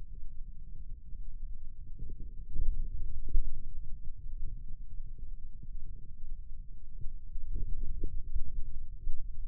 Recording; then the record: forearm muscle sounds (acoustic myography)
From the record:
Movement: hand opening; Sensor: system 2, bracelet of six BSWA MPA416 microphones around the upper forearm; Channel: 2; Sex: male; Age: 22 years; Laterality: right